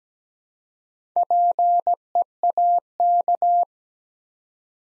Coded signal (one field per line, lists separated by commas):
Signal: Morse code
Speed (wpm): 17 wpm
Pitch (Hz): 700 Hz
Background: none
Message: PEAK